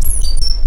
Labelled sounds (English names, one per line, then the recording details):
Stitchbird song
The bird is a male
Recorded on Tiritiri Matangi Island, New Zealand, in 2005
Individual 2, of nest box 2